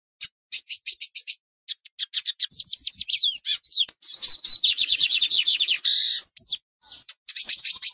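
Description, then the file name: Lined seedeater singing a quick high-pitched jumble of clipped notes, slurred whistles and buzzy trills, starting with evenly spaced chips and growing denser. "bigodinho"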